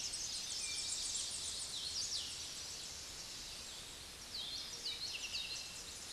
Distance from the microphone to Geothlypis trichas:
about 45 m